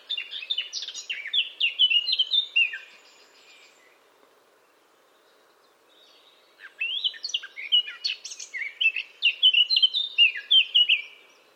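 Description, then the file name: Eurasian blackcap giving two song bouts of quick varied warbling, separated by a pause of near silence. "Sylvia atricapilla"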